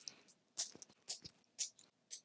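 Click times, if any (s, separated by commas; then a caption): 0.1 s, 0.6 s, 0.8 s, 1.1 s. Snap fasteners on a fabric crochet project bag are pressed shut by hand several times in a row. Sharp, bright clicks land at 0.1, 0.6, 0.8 and 1.1 seconds, followed by similar snaps at about 1.6 and 2.1 seconds, with quiet gaps between them. Each snap clicks shut.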